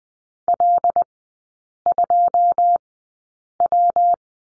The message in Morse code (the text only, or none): L2W